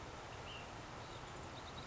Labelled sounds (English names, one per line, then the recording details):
Ash-throated Flycatcher
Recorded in Sonoma County, California